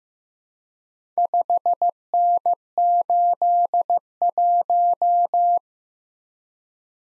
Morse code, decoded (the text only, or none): 5N81